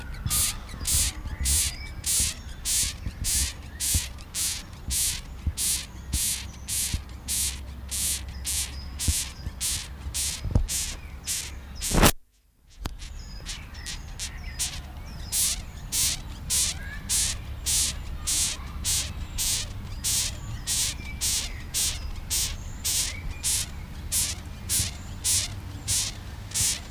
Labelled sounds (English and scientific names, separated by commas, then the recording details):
Cerambyx Longicorn (Cerambyx cerdo) stridulation
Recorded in captivity
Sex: female
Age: imago
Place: Schloßpark Niederschönhausen, Berlin, DE
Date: 1997-07-05 18:39
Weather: 21°C, sonnig
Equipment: Sony MD-WM MZ-R3, Sennheiser MKH 416 T, Kopie Uher 4000 Report Monitor
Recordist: Tembrock, Günter